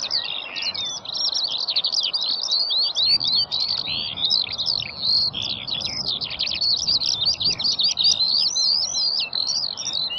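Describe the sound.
Lark singing a long, continuous, high, twittering warble of rapid varied notes, with a steady low background hiss.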